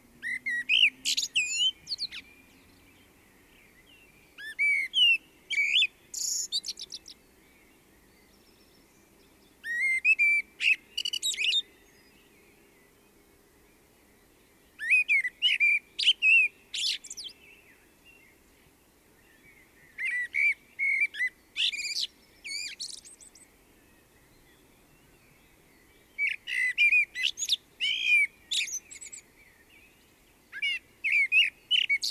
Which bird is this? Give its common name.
Common Blackbird